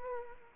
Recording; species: mosquito wingbeat signal from an infrared sensor; Aedes aegypti